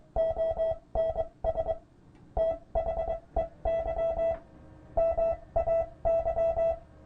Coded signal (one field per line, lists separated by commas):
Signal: Morse code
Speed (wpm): 22 wpm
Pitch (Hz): 660 Hz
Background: music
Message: ONS THEY MAY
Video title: Part 2 - Ten-Tec Jupiter CW copying and keyboard transmit